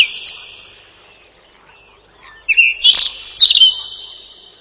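Whinchat song: the fading end of one phrase, then a short phrase of harsh, scratchy chatter.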